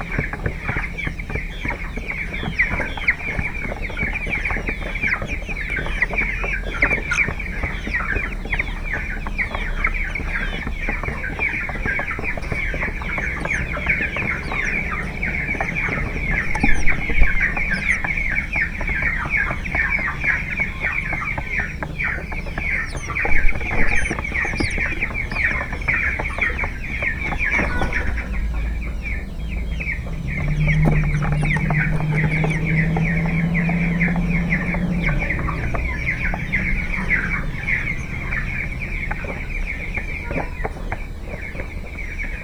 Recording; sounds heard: poultry house recording; background noise or bird activity such as feeding and pecking